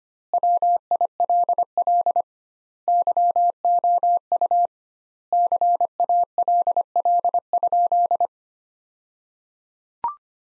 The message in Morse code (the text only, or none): WILL YOU CALL?